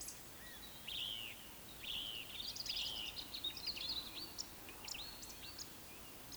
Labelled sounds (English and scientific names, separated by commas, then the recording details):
Eurasian Woodcock (Scolopax rusticola) whistle
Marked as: whistle, whistle, whistle, whistle, whistle
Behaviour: display flight
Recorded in Baden-Württemberg, Germany, on 26 May 2020 at 19:43 UTC
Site 45304, 487 m above sea level